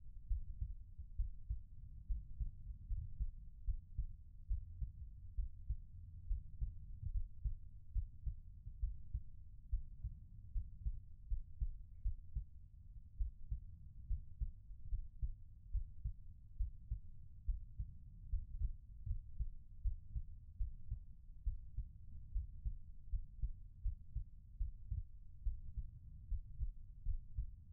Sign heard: Heartbeat.